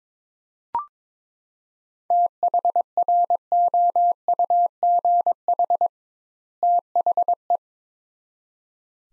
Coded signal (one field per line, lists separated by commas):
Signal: Morse code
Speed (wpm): 22 wpm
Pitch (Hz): 700 Hz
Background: none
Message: THROUGH THE